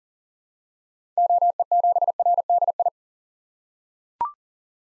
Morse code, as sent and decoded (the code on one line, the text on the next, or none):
--- . --... .-. -.. ..
OE7RDI